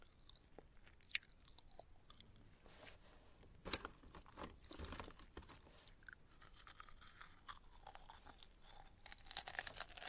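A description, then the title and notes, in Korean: Someone eats a crunchy snack, with dense, irregular crunching and chewing running through the whole clip. Sharper, louder bites land around the first second, near four and five seconds, and again at the very end, with crisp, bright crackles between them. 과자먹는소리.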